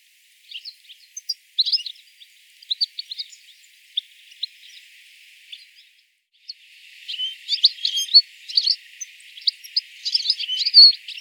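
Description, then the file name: European goldfinch calls: bright, tinkling chirps and short twittering notes in loose bursts, pausing near six seconds before a denser run of high twitters resumes. "Carduelis carduelis"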